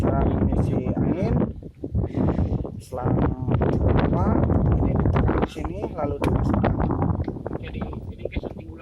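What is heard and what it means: Someone talks while handling an air hose quick coupling at the fill port of a PCP air rifle during filling, with a cluster of brief sharp handling sounds around 4.7 to 5.3 s. The clip ends before the coupling locks onto the fill port, so nothing has seated or clicked yet.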